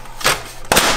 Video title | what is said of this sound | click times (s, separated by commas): Unboxing The Best White Toner Printer - The iColor 650 from Uninet Full Demo | right, make sure you hear that click. | 0.7 s